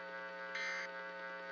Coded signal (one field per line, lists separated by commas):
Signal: Emergency Alert System (SAME) tones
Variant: end-of-message bursts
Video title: EAS Recreation:Utah Statewide Coronavirus EAS